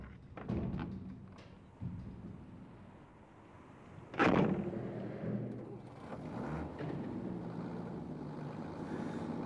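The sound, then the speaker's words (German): A heavy delivery vehicle bringing food supplies rolls in, its engine rumbling low and steady, with a few knocks early on and one loud metallic thud partway through. “Sobald der Wagen hält und der Lieferant die ersten Kisten rausgeschleppt hat, verduften wir.”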